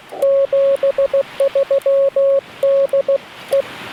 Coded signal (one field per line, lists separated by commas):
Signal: Morse code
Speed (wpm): 16 wpm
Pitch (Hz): 560 Hz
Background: none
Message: 73 DE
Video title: Morse code POTA in my Home Park - Logging With World Radio League!!!